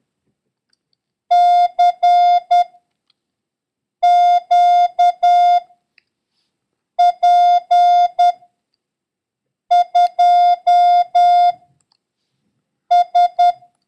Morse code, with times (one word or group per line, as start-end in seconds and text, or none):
1.3-2.6 C
4.0-5.6 Q
7.0-8.3 P
9.7-11.5 2
12.9-13.5 S